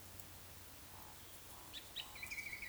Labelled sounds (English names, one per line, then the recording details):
Eurasian Woodcock croak
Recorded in Baden-Württemberg, Germany, on 30 June 2020 at 19:45 UTC
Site 49006, 684 m above sea level